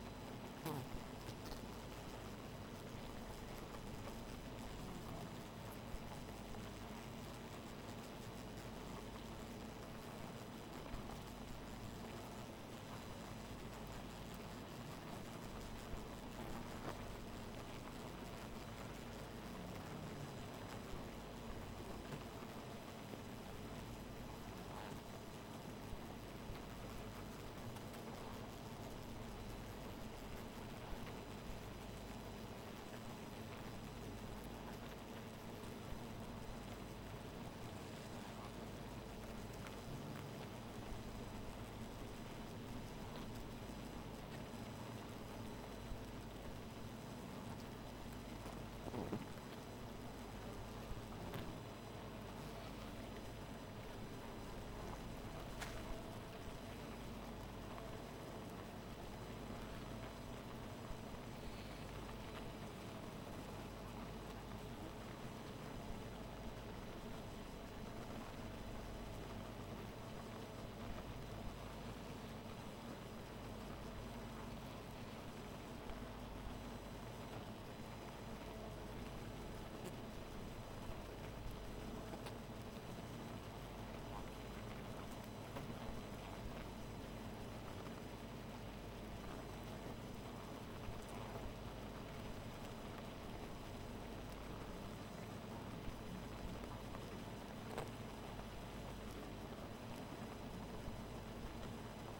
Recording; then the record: honeybee colony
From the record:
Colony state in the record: missing queen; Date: 14 July 2017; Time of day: 2:10